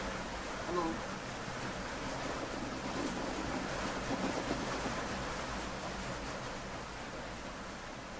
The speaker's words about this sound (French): Donc, ça veut dire que vous entendez le bruit de la pluie chez moi, n'est-ce pas? Oui, frère, on entend la pluie, là.